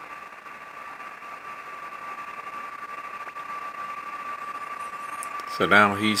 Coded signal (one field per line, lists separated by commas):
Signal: PSK31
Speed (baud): 31.25 baud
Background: speech